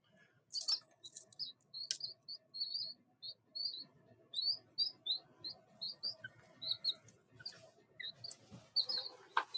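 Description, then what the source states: Pheasant chicks peeping, a steady run of many thin high cheeps with faint rustling beneath. Tiny baby pheasants born about four days ago, kept indoors in a room of the house under a heat lamp, on a farm.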